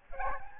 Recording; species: mosquito wingbeat signal from an infrared sensor; Aedes albopictus